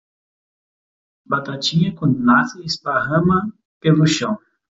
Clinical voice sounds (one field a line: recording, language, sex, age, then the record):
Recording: short text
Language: Brazilian Portuguese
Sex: male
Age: 30 to 39 years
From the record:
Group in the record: control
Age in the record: 30 years